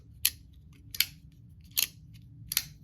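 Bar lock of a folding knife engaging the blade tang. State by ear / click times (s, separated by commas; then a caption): seated / 0.2 s, 2.5 s. A folding knife's blade is flicked open repeatedly, and its spring-loaded bar lock snaps across to engage the blade tang and lock the blade open. Four sharp, bright metallic clicks ring out at about 0.3, 1.0, 1.8 and 2.5–2.6 seconds over a faint low hum. The lock seats at 0.3 s and again at 2.5 s.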